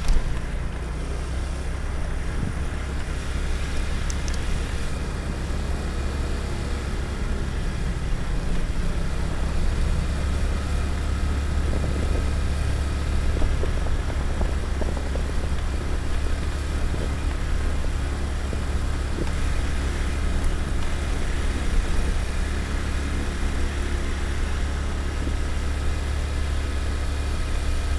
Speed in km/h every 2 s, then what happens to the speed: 14, 17, 19, 19, 20, 21, 23, 22, 22, 21, 21, 22, 23, 23.
0-11 speeds up to 23. 11-28 steady at about 22.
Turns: none.